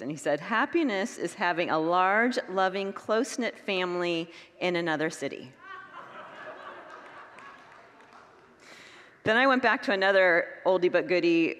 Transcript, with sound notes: He said, “Happiness is having a large, loving, close-knit family in another city.” [Congregants laugh] Then I went back to another oldie but goodie: